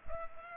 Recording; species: mosquito wingbeat signal from an infrared sensor; Culex pipiens